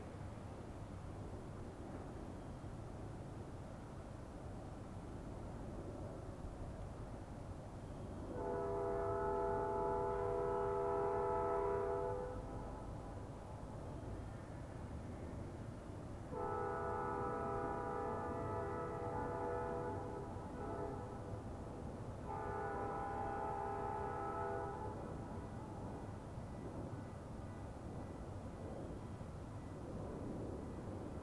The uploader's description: Sitting on the edge of Derita Creek Park. Featuring a distant train, barking dogs and sirens.